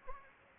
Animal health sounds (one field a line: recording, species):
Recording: mosquito wingbeat signal from an infrared sensor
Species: Anopheles arabiensis